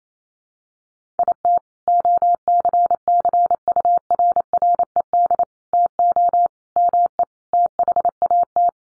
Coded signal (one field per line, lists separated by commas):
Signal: Morse code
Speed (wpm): 28 wpm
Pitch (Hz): 700 Hz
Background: none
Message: IT OCCURRED TO ME THAT